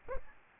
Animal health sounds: mosquito wingbeat signal from an infrared sensor; Aedes albopictus

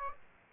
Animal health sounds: mosquito wingbeat signal from an infrared sensor; Aedes aegypti

